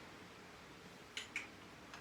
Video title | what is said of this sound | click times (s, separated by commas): American Lifan Kp 200 Oil Change / Chain Adjustment / Safety Check | you go you heard the click people that's the clay the magic click that | 1.2 s, 1.4 s